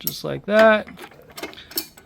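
Someone talks while the metal stand hook of a BombMoto B2 dirt bike is hooked into its stand mount, after the small lock piece was pulled and refitted. A few small ticks around 1.4 and 1.5 s lead to a sharp clack at 1.8 s as the hook is handled. Nothing has seated or locked into place yet.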